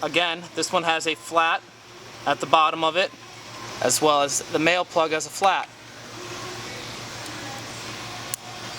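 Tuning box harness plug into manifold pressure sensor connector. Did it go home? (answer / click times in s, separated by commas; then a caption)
yes / 8.3 s. Someone talks while the female plastic plug of a VR Tuned tuning box harness is lined up, flat side to flat side, with the manifold pressure sensor harness plug on a Mini Cooper F56. After a steady low background hum, it is pushed on and gives a sharp, solid click at 8.3 seconds as the connector seats fully, a really good click.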